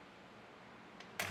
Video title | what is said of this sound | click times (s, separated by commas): etrailer - Thule OutPace Bike Rack for 2 Bikes Review - 2017 GMC Sierra 1500 - TH39SA | Once you're done, you can put this into the seated position just by pushing on it until it clicks. | 1.2 s